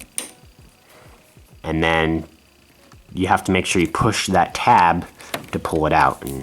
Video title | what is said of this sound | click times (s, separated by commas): Live-Streaming Guide- BJHS and BHS | and you push it in until you hear a click | 0.2 s